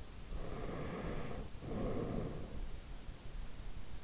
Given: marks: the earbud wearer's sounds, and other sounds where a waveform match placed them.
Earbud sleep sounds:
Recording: sounds in sleep by an in-ear microphone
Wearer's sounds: breath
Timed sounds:
0.06-3.04 s: breath

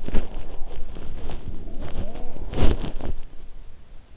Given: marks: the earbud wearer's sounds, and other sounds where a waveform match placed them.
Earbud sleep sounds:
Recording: sounds in sleep by an in-ear microphone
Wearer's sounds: body movement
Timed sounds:
0.00-3.28 s: body movement
1.40-2.47 s: sound from someone else or the room

